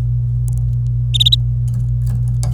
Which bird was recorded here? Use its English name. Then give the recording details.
Domestic Canary. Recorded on 26 April 2018 at 08:12. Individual llb3